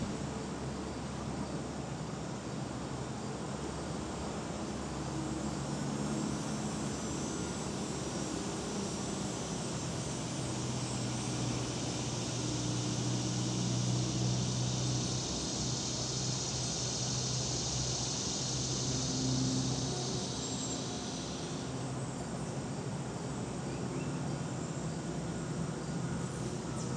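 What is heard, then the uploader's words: Outdoor dusk in the Catskills: a steady, dense hiss with a bright high whine swelling mid-clip, over a low rumble like traffic. Catskills, Outdoor Dusk 3 by Bandeto.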